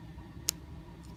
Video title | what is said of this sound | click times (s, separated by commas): Transformers: Titans Return (Deluxe) - SKULLSMASHER and GRAX Review | I'm not sure exactly if you can hear that or not, but they do click into place, a soft tab. | 0.5 s